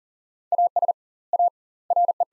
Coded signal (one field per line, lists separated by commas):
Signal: Morse code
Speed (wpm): 37 wpm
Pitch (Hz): 700 Hz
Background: none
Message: AS A RE